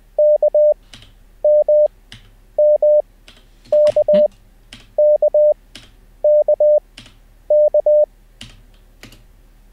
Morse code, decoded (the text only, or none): K M M K K K K